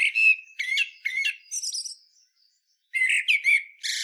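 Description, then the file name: Common blackbird song: quick, low fluted notes followed by a high, thin squeaky flourish, a short silence, then another warbled phrase starts. "Turdus merula"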